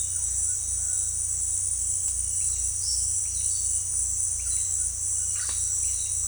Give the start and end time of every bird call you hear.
4.37s-4.86s: bird call (1.1-4.8 kHz)
5.21s-5.60s: bird call (0.6-4.9 kHz)

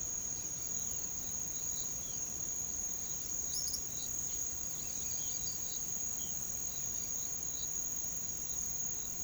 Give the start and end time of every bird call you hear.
0.33s-2.30s: bird call (2.8-5.4 kHz)
3.24s-3.81s: bird call (3.6-6.0 kHz)
4.49s-5.89s: bird call (2.7-5.4 kHz)

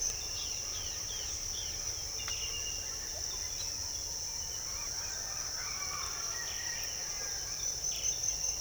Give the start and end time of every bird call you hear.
0.35s-1.86s: bird call (2.1-5.1 kHz)
4.53s-6.91s: bird call (0.7-3.8 kHz)
7.85s-8.13s: bird call (1.7-3.7 kHz)

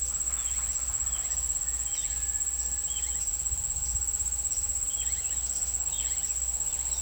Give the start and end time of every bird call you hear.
0.18s-3.25s: bird call (1.0-4.5 kHz)
4.83s-7.02s: bird call (1.6-4.9 kHz)

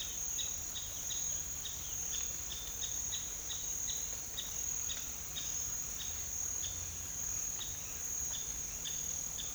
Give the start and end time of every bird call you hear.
0.00s-9.54s: bird call (2.6-4.3 kHz)

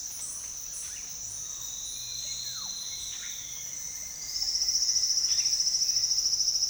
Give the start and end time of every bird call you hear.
1.36s-6.13s: bird call (0.4-4.4 kHz)

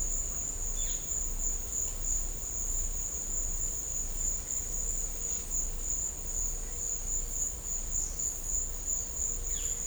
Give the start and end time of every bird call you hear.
0.74s-1.05s: bird call (2.1-4.4 kHz)
9.45s-9.65s: bird call (1.3-4.5 kHz)

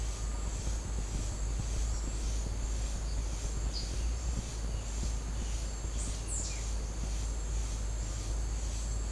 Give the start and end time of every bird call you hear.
6.19s-6.63s: bird call (1.9-10.7 kHz)

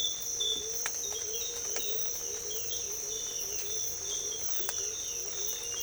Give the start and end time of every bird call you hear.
0.84s-5.83s: bird call (2.4-4.5 kHz)

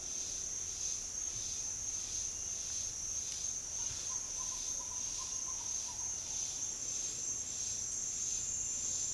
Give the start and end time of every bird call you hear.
3.79s-6.14s: bird call (0.6-1.4 kHz)

